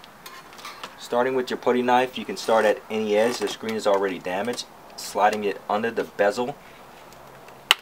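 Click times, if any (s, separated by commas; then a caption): 7.7 s. A putty knife is slid under the plastic LCD screen bezel clipped to the display lid of an HP Pavilion dv2000 laptop, whose screen is already damaged, to pry the bezel off. Someone talks over faint handling sounds, and a sharp click at 7.7 s marks a bezel tab snapping open as the bezel releases.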